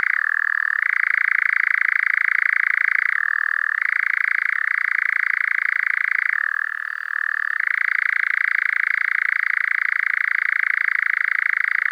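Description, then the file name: European nightjar churring song, a long unbroken mechanical trill that shifts abruptly between a higher and a slightly lower pitch several times, with no other clear sounds. "ENGOULEVENT"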